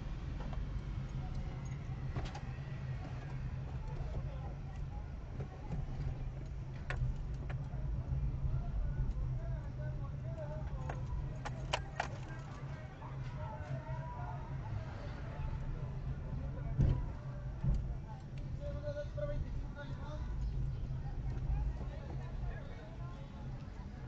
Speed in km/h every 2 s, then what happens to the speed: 16, 13, 8, 11, 13, 13, 13, 12, 10, 10, 10, 6.
0-4 slows to 8. 4-13 steady at about 13. 13-24 slows to 6.